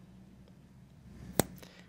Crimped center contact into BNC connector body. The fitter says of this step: listen for the snap when the contact locks into place